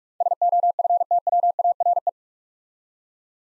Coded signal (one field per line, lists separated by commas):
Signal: Morse code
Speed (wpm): 44 wpm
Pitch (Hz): 700 Hz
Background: none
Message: SOFTWARE